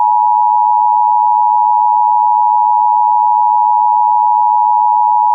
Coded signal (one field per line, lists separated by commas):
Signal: Emergency Alert System (SAME) tones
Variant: 853 and 960 Hz attention tone